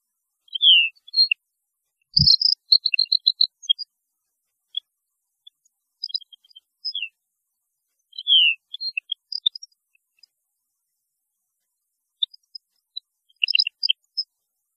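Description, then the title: European goldfinch: scattered high twittering and descending slurred notes from a goldfinch-type songbird, delivered in loose phrases, with one brief low thump. "Chant Chardonneret"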